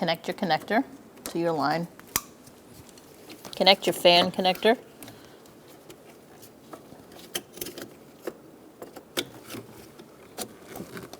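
On a 2012-2018 Ford Focus engine cooling fan assembly being replaced, the cooling fan's electrical connector is handled toward its mating plastic wiring harness connector while someone talks. Light plastic handling noises and several sharp taps follow, the loudest near 2.2 s. Nothing has seated or clicked yet.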